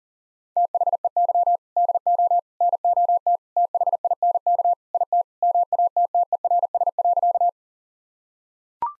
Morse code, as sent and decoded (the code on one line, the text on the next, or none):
- .... . -.-- / -.. --- / -. --- - / - .... .. -. -.- / .. - / -- .- - - . .-. ... .-.-.-
THEY DO NOT THINK IT MATTERS.